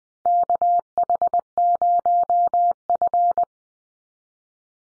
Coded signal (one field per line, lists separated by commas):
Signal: Morse code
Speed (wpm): 20 wpm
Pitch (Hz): 700 Hz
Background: none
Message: KH0F